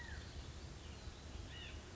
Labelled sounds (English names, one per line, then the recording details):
White-breasted Nuthatch
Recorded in Sonoma County, California